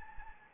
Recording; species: mosquito wingbeat signal from an infrared sensor; Anopheles gambiae